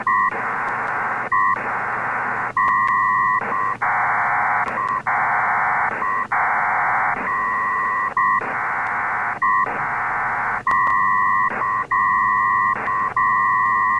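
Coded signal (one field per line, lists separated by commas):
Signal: HF data modem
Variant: PACTOR III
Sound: rhythmic hissing data bursts about every 1.2 seconds, alternating with a steady two-tone hum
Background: radio static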